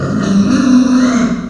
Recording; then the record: squeal of a Yucatan mini pig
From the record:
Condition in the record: after surgery on the right vocal fold (resection and tissue-engineered implant); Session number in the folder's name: 9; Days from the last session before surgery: 65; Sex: female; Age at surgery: 19 weeks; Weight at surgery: 25 kg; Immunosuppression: prednisolone